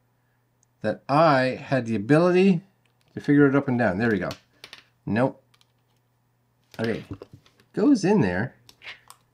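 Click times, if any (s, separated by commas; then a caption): none. Someone talks while handling a BlueRams A31 Dome Lite 2 dome security camera body, lining it up and fitting it toward its mounting base, with a few brief, faint handling taps between the speech. Nothing has clicked or seated yet.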